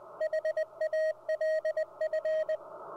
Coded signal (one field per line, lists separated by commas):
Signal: Morse code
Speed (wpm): 21 wpm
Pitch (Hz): 630 Hz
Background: radio noise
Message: HALF